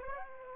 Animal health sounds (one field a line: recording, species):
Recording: mosquito wingbeat signal from an infrared sensor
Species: Aedes aegypti